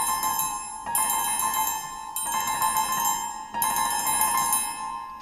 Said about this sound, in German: 4-mal klingeln.